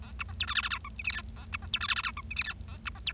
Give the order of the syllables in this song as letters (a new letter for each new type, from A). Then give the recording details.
A B C D E F F G H I J K A B C D E F F G H I J K A B C D. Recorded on 25 March 2012 at 20:15. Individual gy6or6